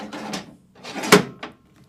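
The long rail of a pull-out rack monitor is slid along the channel of a rack case, making a scraping slide that ends in a sharp click at 1.1 s as it locks into place, followed by a lighter tick at about 1.4 s. The rail is seated and locked.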